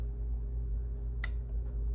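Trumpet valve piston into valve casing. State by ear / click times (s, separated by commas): seated / 1.2 s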